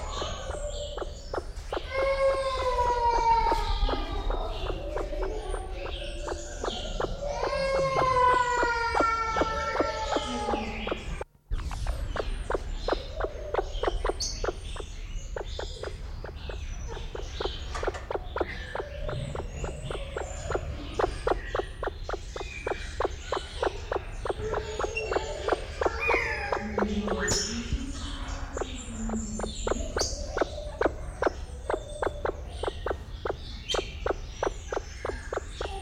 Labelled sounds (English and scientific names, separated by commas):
Sulawesi Myna (Basilornis celebensis) call